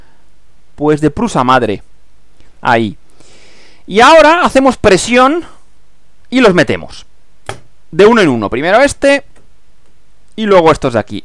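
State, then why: Seated. Metal linear bearings for a 3D printer's Y axis are pressed one at a time into their printed plastic clips on the wooden base while someone talks. A sharp snap is heard at 7.5 s as a bearing seats in its holder.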